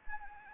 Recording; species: mosquito wingbeat signal from an infrared sensor; Anopheles arabiensis